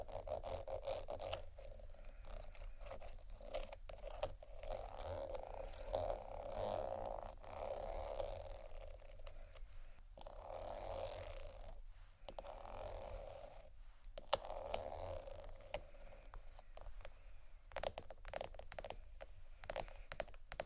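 Tapping and scratching on bags, a steady dense crackle of fingertip taps and scrapes with brief pauses around 10, 12 and 14 seconds.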